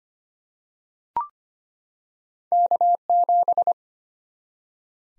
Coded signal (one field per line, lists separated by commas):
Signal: Morse code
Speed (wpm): 25 wpm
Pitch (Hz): 700 Hz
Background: none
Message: K7